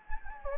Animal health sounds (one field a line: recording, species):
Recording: mosquito wingbeat signal from an infrared sensor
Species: Anopheles gambiae